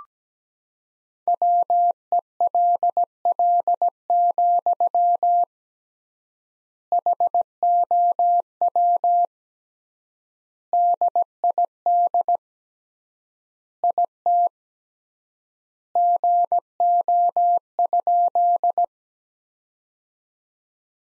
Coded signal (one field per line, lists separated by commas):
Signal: Morse code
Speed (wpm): 17 wpm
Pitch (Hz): 700 Hz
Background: none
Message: WELL, HOW DID IT GO?